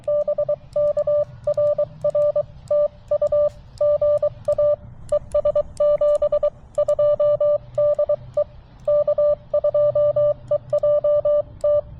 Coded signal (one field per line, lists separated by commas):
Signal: Morse code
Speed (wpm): 22 wpm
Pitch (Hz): 590 Hz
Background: radio noise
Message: BK RR TU GA ES 72 DE K2EJT